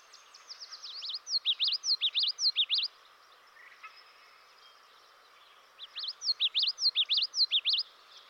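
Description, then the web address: Common yellowthroat singing two bursts of rapid, repeated slurred phrases, separated by a pause of about three seconds. "Dan Gibson's Solitudes Nature Trails. Common Yellowthroat"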